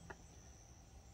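The metal lid of an All-American pressure canner is set onto the canner body with its arrow lined up to the notch, ready to be twisted to lock. A single brief, sharp sound comes at 0.1 s over a steady high-pitched whine and low background hum. Nothing has seated or locked yet.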